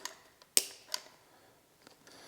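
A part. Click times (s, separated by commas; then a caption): 0.6 s. The quick-release collar of a hose fitting is pulled back and the fitting is pushed onto the water inlet at the bottom of an Imoumlive 21 Volt cordless pressure washer. A sharp, loud snap at 0.6 s marks it seating into place. Fainter clicks and taps come before and after it, with another sharp tick near the end.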